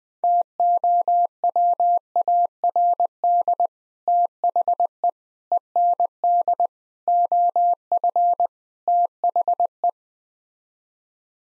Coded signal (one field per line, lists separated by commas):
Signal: Morse code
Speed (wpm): 20 wpm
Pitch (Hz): 700 Hz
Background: none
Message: TOWARD THE END OF THE